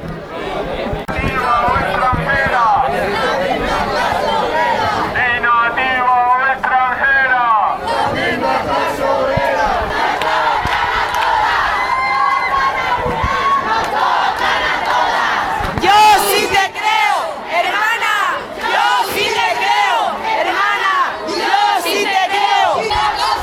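A large protest march in Andalusia, called by the unions SAD, CGT and CNT with feminist collectives near its head, chants and shouts together, many voices overlapping in loud, steady waves of rhythmic slogans that carry on without a break.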